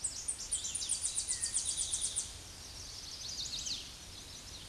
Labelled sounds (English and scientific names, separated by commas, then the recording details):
Chestnut-sided Warbler (Setophaga pensylvanica) song
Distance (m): 30 m
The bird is about level with the microphone
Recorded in a Pennsylvania forest on 16 May 2024 at 07:59
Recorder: AudioMoth, point MSD-2306
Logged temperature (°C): 15.6 °C
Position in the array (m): 80 m, 71 m